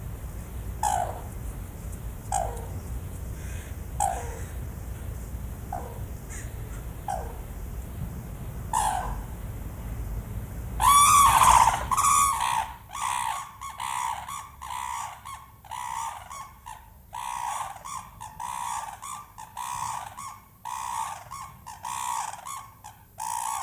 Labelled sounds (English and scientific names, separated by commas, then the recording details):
Red-crowned Crane (Grus japonensis) call
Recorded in captivity
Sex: pair
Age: adult
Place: Tierpark Berlin, Berlin, DE
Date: 2008-08-21 13:00
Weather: 24°C
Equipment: Sony WM-D6C, Sennheiser ME 80, Kopie Uher 4000 Report Monitor
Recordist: Tembrock, Günter
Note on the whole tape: Paar (die Jungen wurden zuvor entfernt - Abtransport): diverse Lautformen